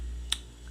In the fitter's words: And you see here and they kind of just snap on.